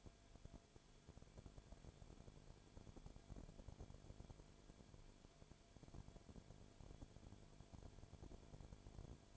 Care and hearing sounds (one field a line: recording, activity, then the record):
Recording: daily activity, microphone in the room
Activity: no activity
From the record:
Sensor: 5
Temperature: 19.9 degrees Celsius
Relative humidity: 35.6%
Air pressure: 1003.4 hPa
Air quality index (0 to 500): 56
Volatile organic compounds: 1 ppm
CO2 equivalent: 634 ppm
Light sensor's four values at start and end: 2/3/1/1 and 2/3/1/1